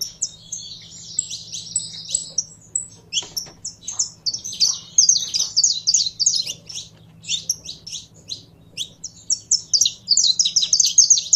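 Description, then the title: Canary in near-continuous song: rapid high rolling trills and twitters running almost without break, faint low hum in the background. Song of a purebred Belgian canary. "Canto Do Canário Belga Puro"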